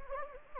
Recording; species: mosquito wingbeat signal from an infrared sensor; Anopheles gambiae